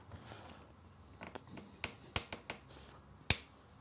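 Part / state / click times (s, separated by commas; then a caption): fuel quick-connector onto fuel pump outlet / seated / 3.3 s. A spare fuel quick-connector is pushed onto the fuel pump outlet of a KTM EXC or SX motorcycle to test fuel pressure. Several small clicks and taps are heard while it is worked on, then a sharp, loud snap at 3.3 s as it clips in. The connector is seated, and a little fuel leaks.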